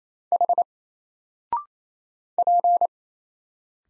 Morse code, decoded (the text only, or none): H P